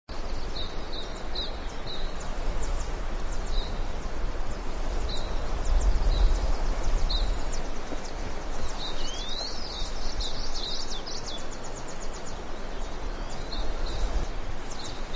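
Bird calls, thin high chirps repeated irregularly, sometimes in quick clusters, over a loud steady rumbling background noise.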